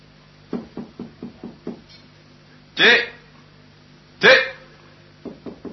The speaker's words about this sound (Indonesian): Coba ketok pintunya.